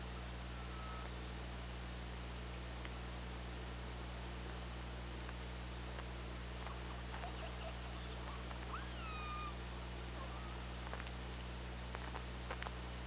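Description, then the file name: Orca calls: a faint tonal call early on, then a clearer downward-sweeping call with harmonics, among irregular clicks and steady low-frequency hum. Hydrophone recording made underwater on 24 August 2017. "Orca Lab"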